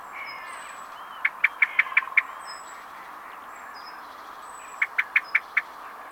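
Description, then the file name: Common blackbird calling in two quick runs of about five hard, metallic chinks each, separated by a pause of a few seconds, with faint hiss behind. "Turdus merula"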